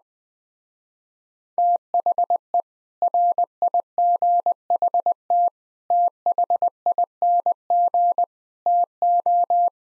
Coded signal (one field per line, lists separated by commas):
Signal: Morse code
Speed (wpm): 20 wpm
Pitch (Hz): 700 Hz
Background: none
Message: THE RIGHT THING TO